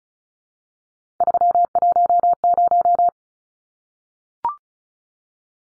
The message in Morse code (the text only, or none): 310